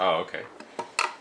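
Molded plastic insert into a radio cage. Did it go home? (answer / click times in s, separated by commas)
yes / 1.0 s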